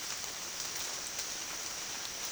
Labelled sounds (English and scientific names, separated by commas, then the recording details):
none
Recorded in dense forest near Puerto Asís, Putumayo, Colombia, on 27 June 2025 at 13:00
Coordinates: 0.468, -76.322
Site GP03